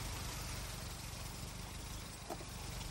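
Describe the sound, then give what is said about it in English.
A car engine idles steadily, a low, even rumble with a fast regular throb underneath and a constant hiss on top, holding the same level throughout without any voices. “Stop the car, Wayne.”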